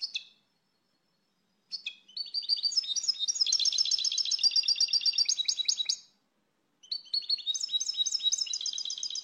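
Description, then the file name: Finch song of quick jingling, chattering notes in long sustained bursts, with a short pause between phrases. "Canto do pintassilgo"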